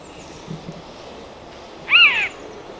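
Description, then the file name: Eurasian jay giving a single harsh, rasping call with layered harmonics, lasting about a third of a second, over quiet background hiss. "Garrulus glandarius"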